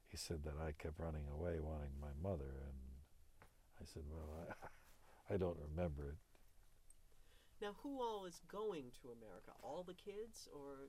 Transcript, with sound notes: He said that I kept running away wanting my mother and I said well, (he laughs) I don't remember it.
Now, who all is going to America? All the kids or..?